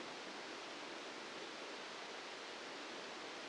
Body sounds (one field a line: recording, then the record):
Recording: brain microelectrode recording played as sound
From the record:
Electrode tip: outside the subthalamic nucleus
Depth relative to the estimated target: -8 mm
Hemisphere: left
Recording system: NeuroSet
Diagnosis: Parkinson's disease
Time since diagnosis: 7 years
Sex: male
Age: 44 years